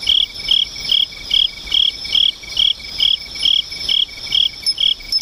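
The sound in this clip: Insect song: loud, regular chirps a little over two per second throughout, over a steady high hum and fainter pulsing.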